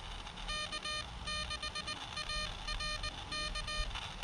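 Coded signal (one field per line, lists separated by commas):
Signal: Morse code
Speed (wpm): 19 wpm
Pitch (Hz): 1220 Hz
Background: music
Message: K6ARK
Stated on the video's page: Sent with a capacitive touch key built into a modified truSDX QRP rig, fed by a small LiPo, into a minimalist EFHW antenna during a POTA activation.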